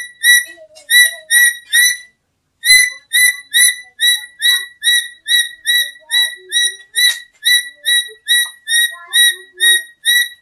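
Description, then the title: Black-capped lory calling in a long series of loud harmonic notes, about two per second, with one short break early on. "n0r1 kp4la-H1T4M. Nuri merah kepala hitam"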